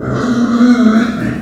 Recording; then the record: squeal of a Yucatan mini pig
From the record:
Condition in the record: after surgery on the right vocal fold (resection and tissue-engineered implant); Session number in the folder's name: 7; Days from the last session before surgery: 47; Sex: female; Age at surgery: 19 weeks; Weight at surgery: 25 kg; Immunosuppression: prednisolone